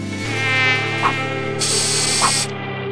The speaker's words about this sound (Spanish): Soy el mosquito del dengue, vengo a aterrorizarlo.